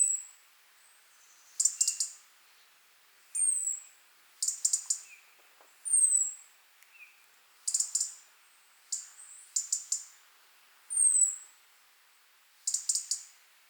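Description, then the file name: European robin calls: high thin falling whistles and bursts of sharp ticks alternate, with a few soft lower notes in between. "Erithacus rubecula"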